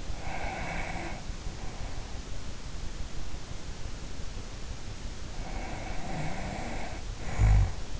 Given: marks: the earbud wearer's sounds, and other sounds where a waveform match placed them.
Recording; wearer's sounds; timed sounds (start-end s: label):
sounds in sleep by an in-ear microphone; breath, snoring breath
0.00-2.15 s: breath
4.81-7.99 s: snoring breath